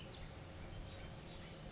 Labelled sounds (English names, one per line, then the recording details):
Oak Titmouse
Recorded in Sonoma County, California